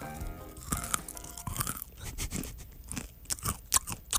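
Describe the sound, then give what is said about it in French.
A crunchy snack mix of grains with dark chocolate pieces, sprinkled into the mouth and chewed, with a quick, uneven run of crisp, crackling crunches and a few sharper snaps. No one speaks. “Ah oui, hein, c'est croquant à souhait.”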